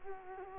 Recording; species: mosquito wingbeat signal from an infrared sensor; Culex quinquefasciatus